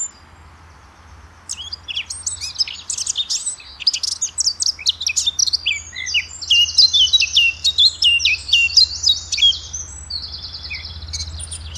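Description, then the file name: Eurasian blackcap in a rapid, jumbled warble of high twittering and chattering notes that builds after a quiet start, with a low steady hum underneath. "Sylvia atricapilla"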